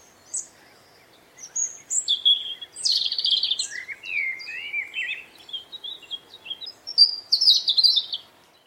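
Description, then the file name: European robin song: a varied run of thin, high warbling phrases and trills, some descending, with short pauses between phrases. "Erithacus rubecula song"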